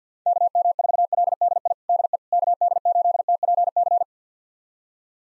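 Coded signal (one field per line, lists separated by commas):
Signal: Morse code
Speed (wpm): 50 wpm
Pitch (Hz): 700 Hz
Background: none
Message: KM4LDI DE KD8TPC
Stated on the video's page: Morse drill of 6-character call sign pairs at 50 wpm, each sent, spoken, then sent again.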